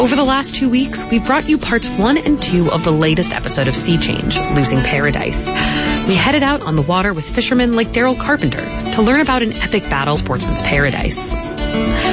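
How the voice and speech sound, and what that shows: A woman speaks fluently at a steady broadcast pace, introducing a news segment; typical adult speech.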